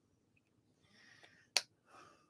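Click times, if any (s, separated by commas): 1.6 s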